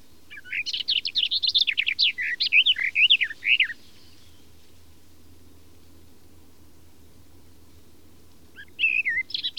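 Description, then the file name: Garden warbler delivering a sustained, bubbling warble for over three seconds, then a long pause before the song starts again; soft low background hum throughout. "fauvette des jardins"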